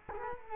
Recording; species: mosquito wingbeat signal from an infrared sensor; Culex quinquefasciatus